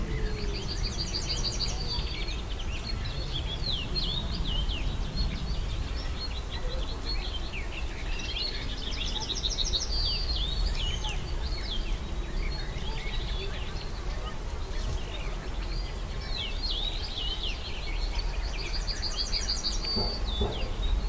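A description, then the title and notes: Forest ambience with a steady, dense wash of low rumbling noise underneath. Birds chirp and trill high above it throughout, with bright, quick repeated phrases clustering near the start, around ten seconds, and again near the end. Forest sounds, forest white noise.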